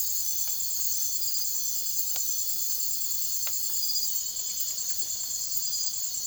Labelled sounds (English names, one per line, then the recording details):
none
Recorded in secondary vegetation near Puerto Asís, Putumayo, Colombia, on 9 March 2025 at 04:30
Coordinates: 0.489, -76.322
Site G042